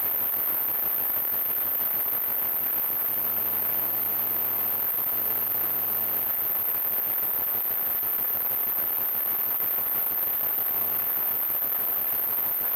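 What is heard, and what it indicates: Simulated tinnitus: a steady, very high-pitched ringing tone over constant static-like hiss, with brief low buzzing hums coming and going.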